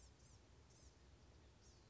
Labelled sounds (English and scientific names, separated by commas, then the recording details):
Blue-gray Gnatcatcher (Polioptila caerulea)
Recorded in Sonoma County, California